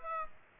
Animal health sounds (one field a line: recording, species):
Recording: mosquito wingbeat signal from an infrared sensor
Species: Aedes aegypti